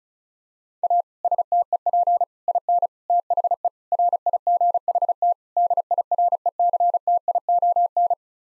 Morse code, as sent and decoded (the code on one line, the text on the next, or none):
.- / ... - . .--. / .. -. / - .... . / .-. .. --. .... - / -.. .. .-. . -.-. - .. --- -.
A STEP IN THE RIGHT DIRECTION